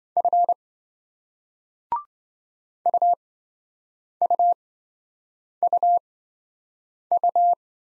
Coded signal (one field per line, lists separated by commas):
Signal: Morse code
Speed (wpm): 26 wpm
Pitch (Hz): 700 Hz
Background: none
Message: F UUUU